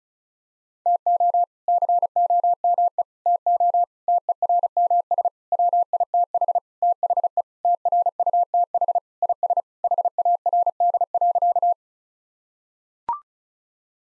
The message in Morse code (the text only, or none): TO COME TO TERMS WITH THE TRUTH IS HARD.